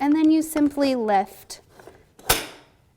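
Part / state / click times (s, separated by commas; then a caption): seat post height pin into seat tube hole of adaptive tricycle / seated / 2.3 s. Someone talks, then lifts the metal seat post of an AMBUCS Amtryke adaptive trike after pulling out and loosening its lever, with faint handling ticks near 1.8 s and 2.2 s. The spring pin clicks sharply into one of the seat post's height adjustment holes in the seat tube at 2.3 s, and the click rings out and fades. The seat post is seated at the new height.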